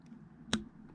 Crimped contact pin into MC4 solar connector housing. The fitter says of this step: you hear the click and you're done that's you're literally done and then